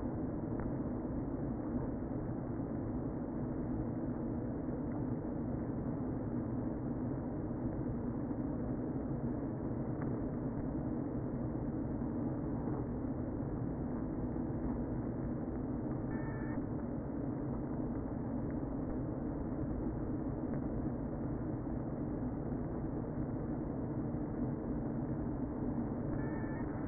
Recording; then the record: honeybee colony, microphone inside the hive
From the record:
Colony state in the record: queen present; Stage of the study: before two queens were removed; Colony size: about 60,000 bees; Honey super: yes